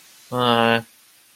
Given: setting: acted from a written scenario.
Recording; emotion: vocal sound without words; guilt